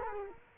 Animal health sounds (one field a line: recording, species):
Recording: mosquito wingbeat signal from an infrared sensor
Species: Culex quinquefasciatus